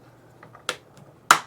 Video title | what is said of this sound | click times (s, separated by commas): FMS Cessna 182 Skylane 1.5m - 5 reasons you need this plane in your hanger | push those in in and now she's locked into place | 0.7 s, 1.3 s